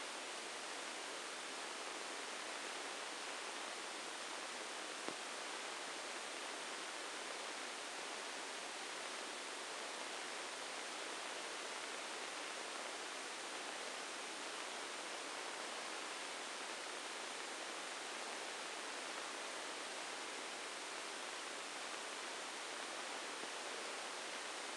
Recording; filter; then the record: brain microelectrode recording played as sound; spike band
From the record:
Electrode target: subthalamic nucleus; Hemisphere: right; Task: reaching with the left hand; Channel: 1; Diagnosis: Parkinson's disease